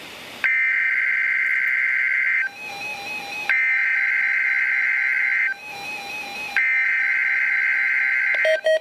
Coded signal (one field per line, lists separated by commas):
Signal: Emergency Alert System (SAME) tones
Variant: header bursts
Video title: Thursday Required Weekly Test - 06/26/14 (EAS #746)